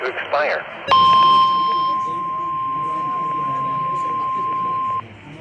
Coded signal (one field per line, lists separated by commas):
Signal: Emergency Alert System (SAME) tones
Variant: 1050 Hz attention tone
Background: speech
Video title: KIG86 EAS alerts Feb 27 2023